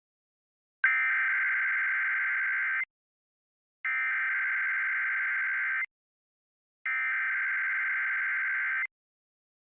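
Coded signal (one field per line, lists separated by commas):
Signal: Emergency Alert System (SAME) tones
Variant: header bursts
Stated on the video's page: Required monthly tests aired by television stations, recorded live off air.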